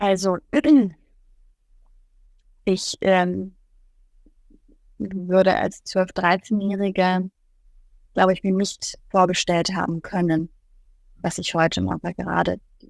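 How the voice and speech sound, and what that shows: An adult woman speaks German, opening with a drawn-out "Also" followed by two silent gaps of nearly two seconds before speech resumes, plus a brief sound repetition later. The stretched sound and long silent stalls are stuttering with prolongation and blocks.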